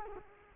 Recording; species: mosquito wingbeat signal from an infrared sensor; Culex quinquefasciatus